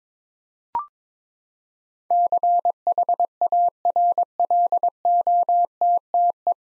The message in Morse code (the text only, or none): CHARLOTTE